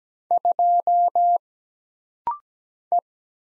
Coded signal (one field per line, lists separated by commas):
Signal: Morse code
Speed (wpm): 17 wpm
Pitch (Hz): 700 Hz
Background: none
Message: 2 E